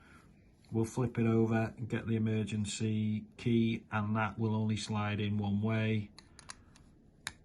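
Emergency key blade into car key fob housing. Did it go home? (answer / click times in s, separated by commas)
no / none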